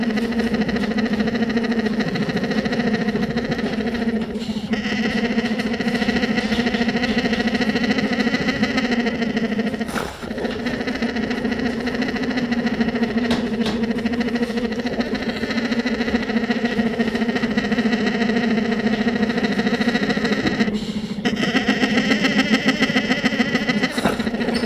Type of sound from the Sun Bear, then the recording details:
call. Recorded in captivity. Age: adult. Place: Tierpark Berlin, Berlin, DE. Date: 1967-12-25 10:30. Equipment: R 20/1, Sennheiser MD 421. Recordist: Tembrock, Günter. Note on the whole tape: Malaienbär: Maulkontakt zwischen zwei Erwachsenen. Lautfolgen. Abstand 1 m